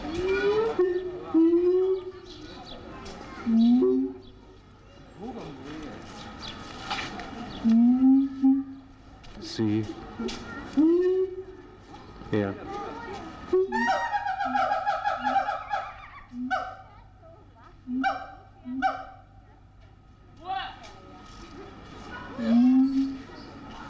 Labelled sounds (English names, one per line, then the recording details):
Siamang
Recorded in captivity
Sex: pair
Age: adult
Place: Zoo Berlin, Berlin, DE
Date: 1984-08-15 15:11
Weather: bedeckt, 20°C
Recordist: Tembrock, Günter